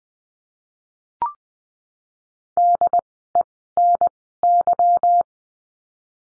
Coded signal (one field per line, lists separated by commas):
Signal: Morse code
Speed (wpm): 20 wpm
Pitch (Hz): 700 Hz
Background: none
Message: DENY